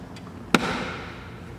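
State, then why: Released. A hidden plastic retaining clip is pulled by hand out of its mount from under a woodgrain interior trim panel on a Nissan Patrol Y62. After a faint tick at about 0.3 s, a sharp, loud click at 0.6 s marks the clip popping out and releasing, followed by a brief fading rustle.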